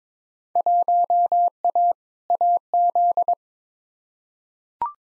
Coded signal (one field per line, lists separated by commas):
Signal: Morse code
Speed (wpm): 21 wpm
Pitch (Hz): 700 Hz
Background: none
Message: 1A AZ